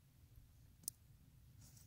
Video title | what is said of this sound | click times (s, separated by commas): LCARA HAM Radio: Linked Dipole Antenna Project (NanoVNA Analysis) - Part 2 | a click alrighty | 0.9 s